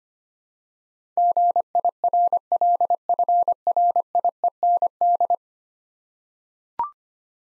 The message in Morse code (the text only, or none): GIRLFRIEND